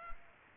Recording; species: mosquito wingbeat signal from an infrared sensor; Culex pipiens